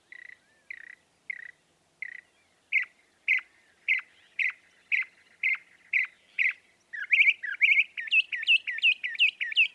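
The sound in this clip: Northern mockingbird song: steady repeated chuck-like notes about twice a second, becoming louder, then a faster run of swept whistled notes.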